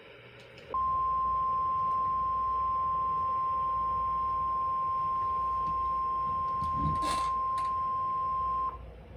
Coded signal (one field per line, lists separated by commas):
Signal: Emergency Alert System (SAME) tones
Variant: 1050 Hz attention tone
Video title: A MODERATE BUST || EAS Alerts from 8/7/23 || EAS 878-905